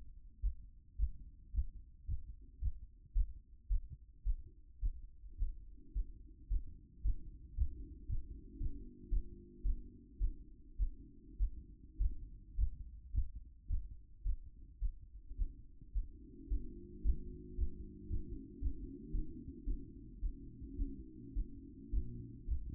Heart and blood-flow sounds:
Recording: heart sounds by stethoscope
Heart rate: 110 bpm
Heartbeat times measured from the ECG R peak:
0.41 s: heartbeat
0.97 s: heartbeat
1.52 s: heartbeat
2.06 s: heartbeat
2.60 s: heartbeat
3.13 s: heartbeat
3.68 s: heartbeat
4.23 s: heartbeat
4.80 s: heartbeat
5.36 s: heartbeat
5.93 s: heartbeat
6.48 s: heartbeat
7.02 s: heartbeat
7.55 s: heartbeat
8.07 s: heartbeat
8.58 s: heartbeat
9.09 s: heartbeat
9.62 s: heartbeat
10.18 s: heartbeat
10.77 s: heartbeat
11.37 s: heartbeat
11.98 s: heartbeat
12.56 s: heartbeat
13.12 s: heartbeat
13.67 s: heartbeat
14.23 s: heartbeat
14.79 s: heartbeat
15.36 s: heartbeat
15.93 s: heartbeat
16.48 s: heartbeat
17.02 s: heartbeat
17.56 s: heartbeat
18.08 s: heartbeat
18.59 s: heartbeat
19.11 s: heartbeat
19.64 s: heartbeat
20.20 s: heartbeat
20.76 s: heartbeat
21.33 s: heartbeat
21.90 s: heartbeat
22.46 s: heartbeat
From the record:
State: after exercise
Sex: male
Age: 25 years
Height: 189 cm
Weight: 101 kg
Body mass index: 28.27

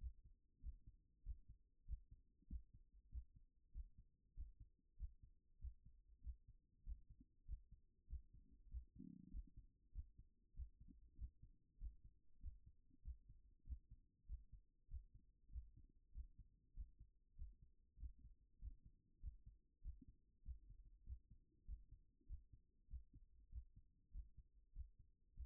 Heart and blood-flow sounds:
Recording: heart sounds by stethoscope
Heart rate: 97 bpm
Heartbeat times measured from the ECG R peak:
0.59 s: heartbeat
1.21 s: heartbeat
1.84 s: heartbeat
2.46 s: heartbeat
3.08 s: heartbeat
3.70 s: heartbeat
4.33 s: heartbeat
4.95 s: heartbeat
5.57 s: heartbeat
6.20 s: heartbeat
6.82 s: heartbeat
7.44 s: heartbeat
8.06 s: heartbeat
8.67 s: heartbeat
9.29 s: heartbeat
9.90 s: heartbeat
10.52 s: heartbeat
11.14 s: heartbeat
11.76 s: heartbeat
12.38 s: heartbeat
13.01 s: heartbeat
13.62 s: heartbeat
14.24 s: heartbeat
14.86 s: heartbeat
15.48 s: heartbeat
16.10 s: heartbeat
16.72 s: heartbeat
17.34 s: heartbeat
17.96 s: heartbeat
18.57 s: heartbeat
19.18 s: heartbeat
19.80 s: heartbeat
20.41 s: heartbeat
21.02 s: heartbeat
21.63 s: heartbeat
22.25 s: heartbeat
22.86 s: heartbeat
23.48 s: heartbeat
24.09 s: heartbeat
24.71 s: heartbeat
25.32 s: heartbeat
From the record:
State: after exercise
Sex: male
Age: 39 years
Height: 186 cm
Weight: 113 kg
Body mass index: 32.66

